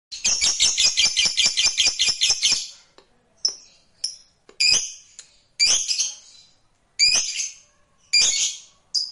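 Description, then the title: Lovebird chirping in a fast run of sharp, shrill notes for a few seconds, then loud harsh bursts at irregular intervals. "Suara Lovebird"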